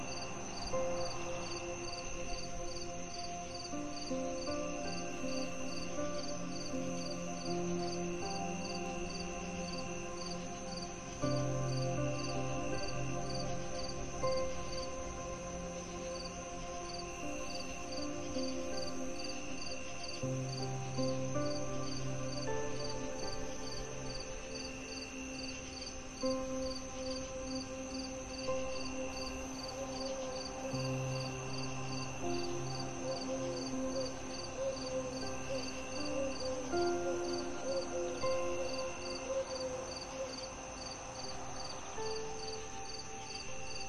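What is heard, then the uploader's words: Soft, slow music with sustained tones over a low bass note that shifts every ten seconds or so. Crickets chirp steadily and quickly throughout in a bright, regular pulse, blending with the music at an even, unchanging level. Relaxing Music & Night Sounds. The gentle fusion of relaxing music, nature melodies and night sounds. A quiet woodland retreat under the soft glow of the moon.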